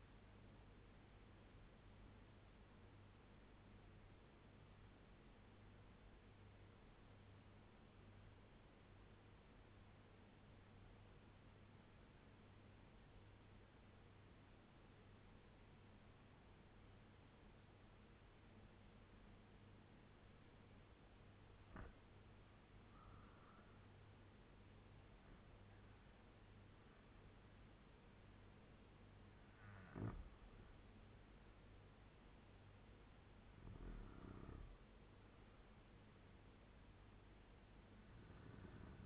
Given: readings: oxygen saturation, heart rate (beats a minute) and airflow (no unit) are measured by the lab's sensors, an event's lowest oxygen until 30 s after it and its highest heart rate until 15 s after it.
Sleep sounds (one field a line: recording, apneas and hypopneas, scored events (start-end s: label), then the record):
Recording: breathing in sleep by a voice recorder at the bedside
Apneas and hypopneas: 1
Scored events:
7.00-23.00 s: obstructive apnea (N1, oxygen 98% highest, then 92% lowest, heart rate 83 at the start, 90 highest)
From the record:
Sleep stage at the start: N1 (lightest sleep)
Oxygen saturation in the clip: 92 to 98%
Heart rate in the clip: 77 to 90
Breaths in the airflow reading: 4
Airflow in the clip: -8.0 to 8.0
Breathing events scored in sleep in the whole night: 201 in 6.5 hours asleep